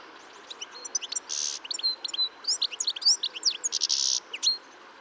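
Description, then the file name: European goldfinch twittering song, a lively stream of high tinkling upslurs broken by two harsh buzzy rasps. "Carduelis carduelis"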